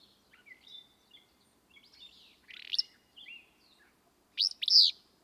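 Willow flycatcher: soft twittering notes lead up to a loud Willow flycatcher song, a snappy, buzzy two-part burst near the end.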